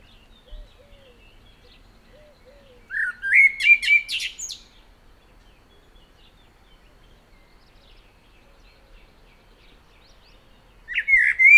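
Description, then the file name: Common blackbird sings a mellow phrase ending in a high crackling twitter, then falls silent before starting another fluted phrase near the end. "Turdus merula"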